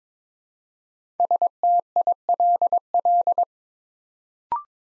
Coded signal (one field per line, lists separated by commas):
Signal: Morse code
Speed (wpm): 21 wpm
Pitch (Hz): 700 Hz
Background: none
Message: STILL